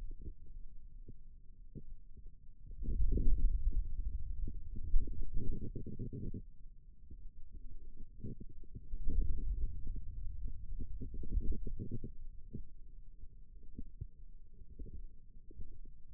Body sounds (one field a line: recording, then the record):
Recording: forearm muscle sounds (acoustic myography)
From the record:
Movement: ulnar deviation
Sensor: system 2, bracelet of six BSWA MPA416 microphones around the upper forearm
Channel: 6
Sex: male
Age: 22 years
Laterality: right